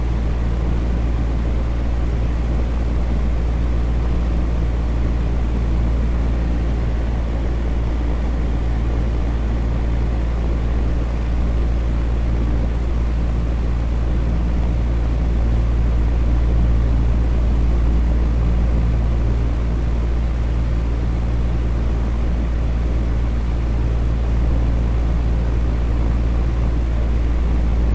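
A fan runs steadily with a deep, constant hum. A low drone and a few fixed tones sit under a softer airy rush, and the level never changes for the whole stretch. There are no separate events or background sounds.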